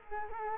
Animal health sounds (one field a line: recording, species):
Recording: mosquito wingbeat signal from an infrared sensor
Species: Culex quinquefasciatus